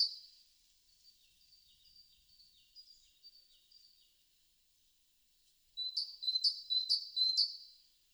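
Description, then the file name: Great tit calling, a faint high chattering series followed by louder, sharp repeated notes near the end, with no other clear sounds. "Parus major"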